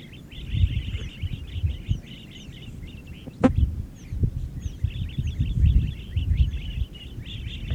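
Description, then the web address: Bird song: bright rapid chirping phrases repeated throughout over a low rumble, with a sharp click near the middle. "safari sounds Bird Sounds"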